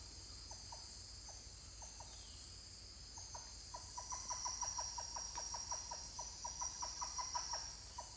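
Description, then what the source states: Titi monkey calling: a few spaced single notes, then a quickening run of rapid pulsed notes, with a steady insect drone throughout. More than one titi monkey calling.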